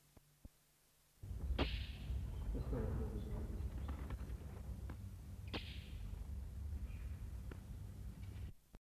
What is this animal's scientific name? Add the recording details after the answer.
Pluvianus aegyptius. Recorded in captivity. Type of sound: call. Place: Tierpark Hagenbeck, Hamburg, DE. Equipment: Halbspur, 9,5 cm/s. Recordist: Lütgens, Hans. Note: Aufgeschreckt hochfliegend, Hagenbeck